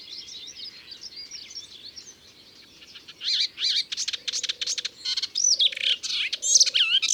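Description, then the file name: Melodious warbler song, soft twisting notes at first, then loud clipped chirps and sweeping whistles, with brief low hums near the end. Recorded in Ardèche. "Hypolais-Polyglotte Ardeche"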